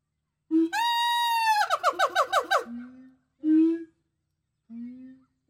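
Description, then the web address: Gibbon calling with a long, steady whistled note that breaks into a rapid, wavering quaver, followed by two short separate hoots. "гиббон"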